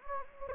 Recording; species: mosquito wingbeat signal from an infrared sensor; Anopheles gambiae